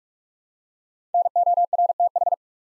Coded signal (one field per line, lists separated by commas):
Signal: Morse code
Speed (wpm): 44 wpm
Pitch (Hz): 700 Hz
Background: none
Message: NORTH